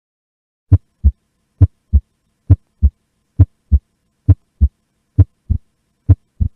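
Simulated heart sounds: clean, regular lub-dub pairs at about 67 beats a minute, with the second sound doubling on some beats. This is a physiological split S2: it separates on inspiration and merges on expiration, a normal breathing-related finding.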